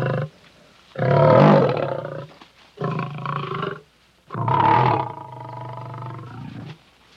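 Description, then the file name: Lion roaring in three heavy, rasping bursts, each a second or more long with deep harmonic growl, separated by brief quiet gaps. "Sony Music Special - Lion"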